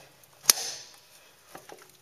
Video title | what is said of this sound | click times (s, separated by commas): Grand L Snow Blower Installation | as you push the drive shaft forward and hear the click | 0.5 s